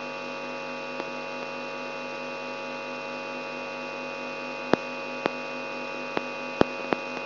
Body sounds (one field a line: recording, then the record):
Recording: brain microelectrode recording played as sound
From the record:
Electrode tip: outside the subthalamic nucleus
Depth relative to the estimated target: -8 mm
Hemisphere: right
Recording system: AlphaMap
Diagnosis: Parkinson's disease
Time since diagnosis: 12 years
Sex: female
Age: 65 years